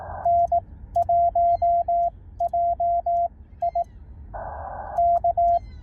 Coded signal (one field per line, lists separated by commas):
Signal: Morse code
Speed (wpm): 18 wpm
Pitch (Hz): 690 Hz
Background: radio noise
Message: N1JI K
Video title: 2024 Hamvention Road Trip Day 2